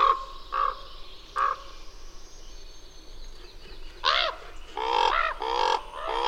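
Bird giving a few short harsh calls, a quiet stretch, then a louder burst of rasping calls toward the end.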